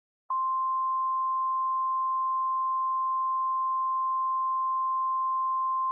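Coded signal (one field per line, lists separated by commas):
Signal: Emergency Alert System (SAME) tones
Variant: 1050 Hz attention tone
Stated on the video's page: Fictional EAS scenario, analog horror about Earth's magnetic field in permanent flux.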